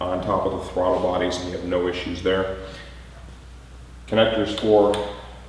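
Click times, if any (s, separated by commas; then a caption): none. Someone talks while handling a plastic wiring harness connector being fitted to the ECU of a Yamaha FZ-09 motorcycle. Only speech and faint handling sounds are heard, and the connector has not yet clicked into place.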